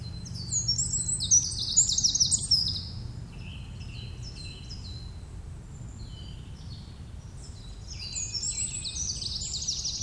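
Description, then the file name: Eurasian wren giving fast high trilled bursts at the start, falling quiet, then resuming near the end, with a low background rumble. "Troglodytes troglodytes"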